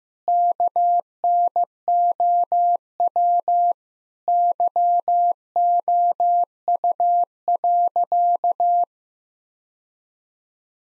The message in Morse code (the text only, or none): KNOW YOU.